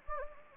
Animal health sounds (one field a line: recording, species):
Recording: mosquito wingbeat signal from an infrared sensor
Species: Anopheles gambiae